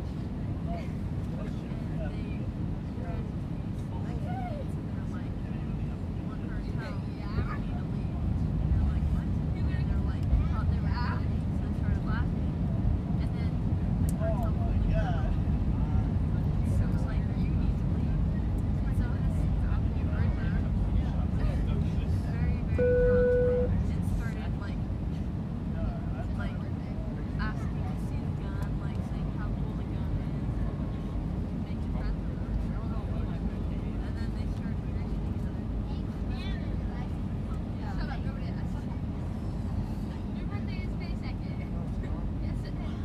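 Inside a plane in flight, a steady low engine roar fills the cabin with an even, unchanging drone. Faint murmured voices and small clicks drift in and out, and a brief tone sounds once around twenty-three seconds.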